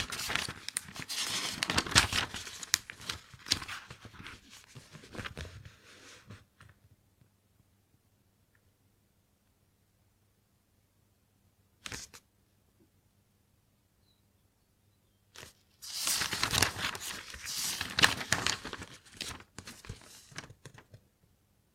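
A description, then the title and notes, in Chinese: A pencil scratches across paper in quick, dense, rustling strokes for the first six seconds. A quiet stretch follows with a faint low hum and a single short stroke near twelve seconds. Busy scratching writing returns from about sixteen seconds to the end. 铅笔写字沙沙声。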